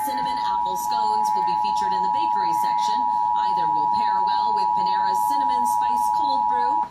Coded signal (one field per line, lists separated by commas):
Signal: Emergency Alert System (SAME) tones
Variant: 853 and 960 Hz attention tone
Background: speech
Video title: 2019 National EAS Test (EAS #81-82) August 7, 2019